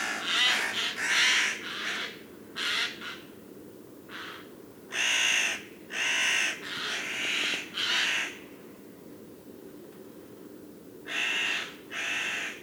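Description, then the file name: Eurasian Jay giving harsh, rasping screeches in short bursts, some doubled, spaced irregularly with quiet gaps between. "Garrulus glandarius"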